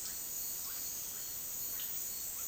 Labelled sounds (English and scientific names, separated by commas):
Russet-backed Oropendola (Psarocolius angustifrons)